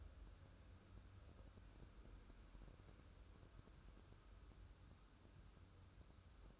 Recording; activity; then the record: daily activity, microphone in the room; wipe stove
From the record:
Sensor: 2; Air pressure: 1015.0 hPa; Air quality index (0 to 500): 48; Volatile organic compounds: 1 ppm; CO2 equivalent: 625 ppm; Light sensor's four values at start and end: 13/35/14/15 and 13/35/14/15